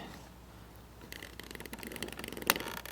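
A wiring harness connector is plugged onto a newly replaced crankshaft position sensor on a C55 AMG. Low rustling and small scraping ticks build up from about 1.1 seconds, then one sharp, bright click at 2.5 s marks the connector seating.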